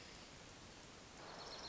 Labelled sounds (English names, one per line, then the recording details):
Hermit Thrush
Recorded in Sonoma County, California